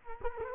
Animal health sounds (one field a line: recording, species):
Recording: mosquito wingbeat signal from an infrared sensor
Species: Culex quinquefasciatus